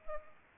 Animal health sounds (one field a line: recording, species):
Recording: mosquito wingbeat signal from an infrared sensor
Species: Culex pipiens